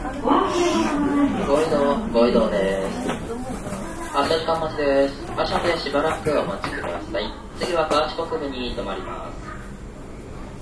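Aboard an express train on the Osaka Line, a man speaks almost without pause for the whole stretch, his phrases rising and falling with only brief gaps. A steady low rumble runs underneath, with faint hiss in the upper range.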